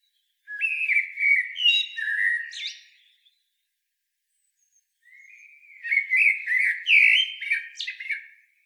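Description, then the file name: Common blackbird song in two phrases about two seconds apart, each a rich, low whistled warble ending in thin, scratchy high notes; no other sounds. "Turdus merula"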